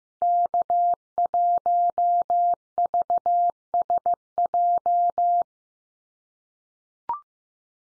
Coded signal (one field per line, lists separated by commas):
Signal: Morse code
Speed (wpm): 15 wpm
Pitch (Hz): 700 Hz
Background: none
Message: K1VSJ